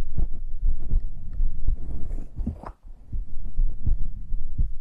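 A normal adult heartbeat with breathing, picked up by a close microphone: steady low-frequency thumps with softer breath sounds between them.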